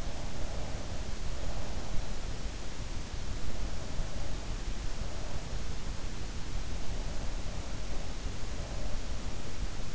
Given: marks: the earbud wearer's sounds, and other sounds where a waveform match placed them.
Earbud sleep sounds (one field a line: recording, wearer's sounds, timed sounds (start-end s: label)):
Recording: sounds in sleep by an in-ear microphone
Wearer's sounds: breath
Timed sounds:
0.00-2.23 s: breath